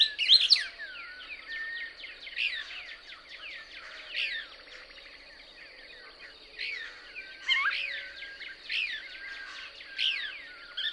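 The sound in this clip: Couch's Kingbird twittering: a loud opening burst of high chirps, then quieter sputtering notes and more bursts toward the end.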